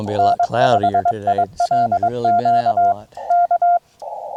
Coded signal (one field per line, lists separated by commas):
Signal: Morse code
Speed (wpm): 22 wpm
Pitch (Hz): 690 Hz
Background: speech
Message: N5ILQ K